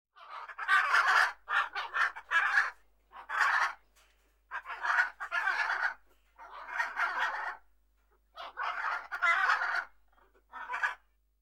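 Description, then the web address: Macaw giving many harsh, grating squawks in irregular bursts with short quiet gaps between. "KMP Film Video Sound Effects. Ara"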